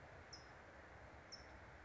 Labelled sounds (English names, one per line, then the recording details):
California Towhee
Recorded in Sonoma County, California